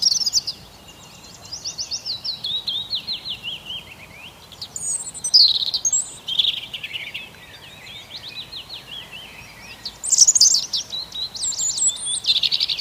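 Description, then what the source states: Bird song, long series of fast buzzy high notes sliding downward, with louder chattering bursts now and then. Birds singing on an early spring morning.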